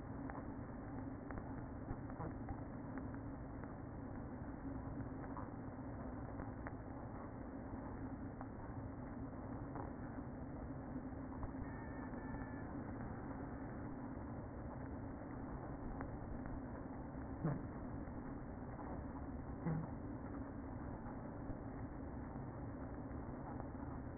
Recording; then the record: honeybee colony, microphone inside the hive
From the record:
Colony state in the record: queen present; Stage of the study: after two queens were removed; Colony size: about 60,000 bees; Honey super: yes